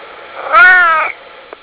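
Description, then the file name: Cat giving a single drawn-out meow of about half a second, steady then slightly falling, followed by a faint click. "cat"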